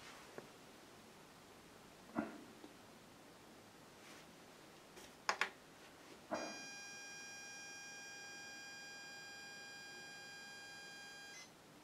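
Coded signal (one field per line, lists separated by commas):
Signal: ZX Spectrum tape loading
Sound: a few clicks and thumps, then a steady buzzy lead tone for about five seconds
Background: handling clicks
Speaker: there we go this time it picked it up or T loading error you see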